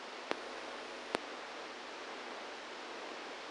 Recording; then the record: brain microelectrode recording played as sound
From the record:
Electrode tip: inside the subthalamic nucleus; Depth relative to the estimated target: 0 mm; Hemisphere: right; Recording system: NeuroSet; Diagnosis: Parkinson's disease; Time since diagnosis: 27 years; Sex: male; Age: 62 years